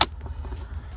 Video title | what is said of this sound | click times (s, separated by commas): Acura TSX DIY Cabin Air Filter | watch out for these cables get them out of the way and just push it until it clicks in | 0.0 s